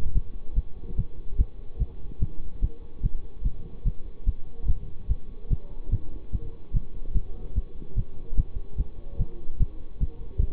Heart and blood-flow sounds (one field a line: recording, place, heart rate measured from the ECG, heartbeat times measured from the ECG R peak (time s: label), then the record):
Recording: heart sounds by stethoscope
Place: between the tricuspid and mitral areas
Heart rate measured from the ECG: 146 bpm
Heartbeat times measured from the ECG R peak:
0.15 s: heartbeat
0.56 s: heartbeat
0.98 s: heartbeat
1.39 s: heartbeat
1.80 s: heartbeat
2.21 s: heartbeat
2.62 s: heartbeat
3.03 s: heartbeat
3.45 s: heartbeat
3.86 s: heartbeat
4.27 s: heartbeat
4.68 s: heartbeat
5.10 s: heartbeat
5.51 s: heartbeat
5.92 s: heartbeat
6.33 s: heartbeat
6.74 s: heartbeat
7.15 s: heartbeat
7.56 s: heartbeat
7.97 s: heartbeat
8.37 s: heartbeat
8.78 s: heartbeat
9.19 s: heartbeat
9.60 s: heartbeat
10.01 s: heartbeat
10.42 s: heartbeat
From the record:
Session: bicycle stress test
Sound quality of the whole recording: good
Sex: male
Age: 24 years